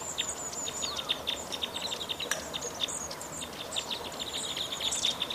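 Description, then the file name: Crossbill calls, quick clipped notes in loose clusters, with faint high whistles behind. "isuka"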